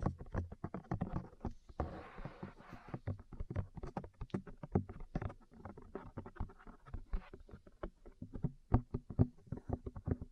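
Ear cleaning and massage sounds: a dense, irregular run of soft thumps and taps, several per second, mostly low and muffled with brief brighter clicks. Around the two-second mark a short rustling, scratchy stretch stands out before the tapping resumes.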